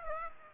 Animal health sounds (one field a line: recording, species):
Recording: mosquito wingbeat signal from an infrared sensor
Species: Aedes aegypti